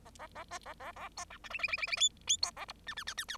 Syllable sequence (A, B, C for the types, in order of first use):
A A A B A A A C D E F F F F F G G C A H I I I I I